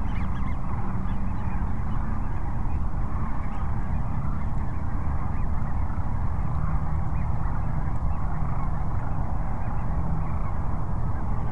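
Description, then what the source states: Many sandhill cranes calling together, a steady wash of rattling bugles with a few clearer notes, set against a deep continuous rumble. Several cranes at Cochise Lakes on 30 January 2019.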